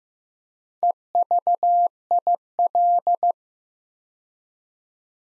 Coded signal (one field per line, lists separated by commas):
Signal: Morse code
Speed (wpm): 15 wpm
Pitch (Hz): 700 Hz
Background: none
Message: EVIL